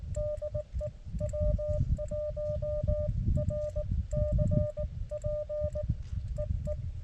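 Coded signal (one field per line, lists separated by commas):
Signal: Morse code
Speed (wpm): 19 wpm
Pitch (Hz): 600 Hz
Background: none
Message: DE W1RCP EE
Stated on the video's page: Morse from an Elecraft KX2 during a POTA park activation on 17 meters.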